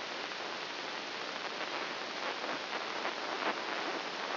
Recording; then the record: brain microelectrode recording played as sound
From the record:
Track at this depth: inside the subthalamic nucleus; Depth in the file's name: 4.401 mm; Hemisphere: right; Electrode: 2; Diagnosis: Parkinson's disease